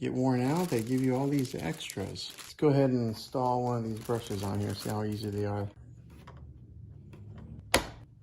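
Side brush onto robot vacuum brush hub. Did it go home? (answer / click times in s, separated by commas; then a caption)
yes / 7.7 s. Someone talks, then a spare plastic side brush is pressed onto its hub on the underside of a Shark IQ Robot RV1000S robot vacuum, with faint handling rustles before a sharp snap at 7.7 s. The brush seats into place.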